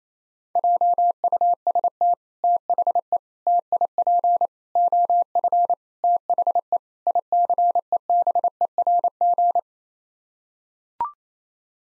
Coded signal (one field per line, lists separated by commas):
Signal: Morse code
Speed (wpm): 27 wpm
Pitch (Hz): 700 Hz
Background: none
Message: JUST THE TIP OF THE ICEBERG